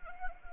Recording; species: mosquito wingbeat signal from an infrared sensor; Anopheles arabiensis